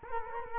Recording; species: mosquito wingbeat signal from an infrared sensor; Culex quinquefasciatus